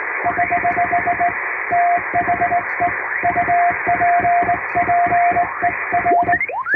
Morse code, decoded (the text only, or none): <HH> THE UPPER